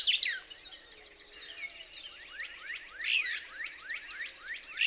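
Couch's Kingbird song: a loud sharp note, then a string of thin falling twitters, with louder accented chips near the middle and the end over a faint steady high hum.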